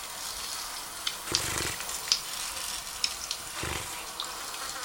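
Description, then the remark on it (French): Dragonflies laying eggs make a soft, rain-like patter: scattered light taps and splashes over a steady watery hiss, with a couple of brief, stronger bursts. No one speaks. “Mais ce qu'on entend comme de la pluie, là, c'est la ponte ? Oui, c'est ça, ouais.”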